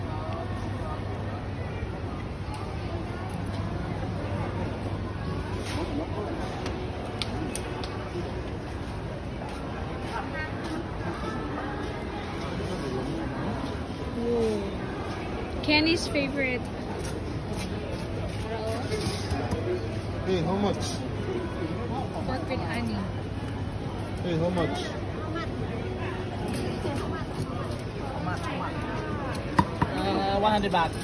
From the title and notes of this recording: Street Food in chiangmai part 2.